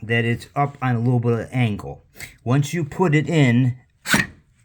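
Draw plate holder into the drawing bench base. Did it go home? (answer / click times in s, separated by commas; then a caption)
no / none. Someone talks while the 3D-printed plastic holder for the wire draw plate is handled and set at a slight angle into the base of a tabletop gold and silver jewelry wire drawing bench. The clip ends before the holder is pushed down, so nothing has seated or clicked yet.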